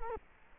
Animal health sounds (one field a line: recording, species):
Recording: mosquito wingbeat signal from an infrared sensor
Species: Culex quinquefasciatus